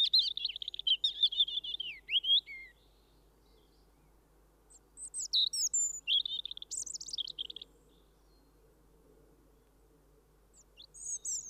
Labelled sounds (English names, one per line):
European Robin song